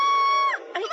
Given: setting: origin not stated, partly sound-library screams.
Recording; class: one-second piece from a danger detection set; woman in danger